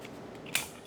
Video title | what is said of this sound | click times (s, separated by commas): Spinal Simplicity's Minuteman® Procedure | and it pops off it's in | 0.5 s